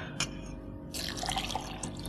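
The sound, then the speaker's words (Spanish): A short splash of spring water, then a steady trickling pour into a glass for about a second, with bright bubbling blips rising over a soft, even background. “¿Me sirves un vaso de agua?”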